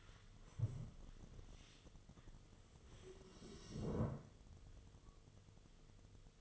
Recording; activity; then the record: daily activity, microphone in the room; stand up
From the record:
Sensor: 4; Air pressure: 1006.3 hPa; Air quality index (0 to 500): 96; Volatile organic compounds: 2 ppm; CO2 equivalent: 1193 ppm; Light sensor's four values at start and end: 12/28/11/10 and 12/28/11/10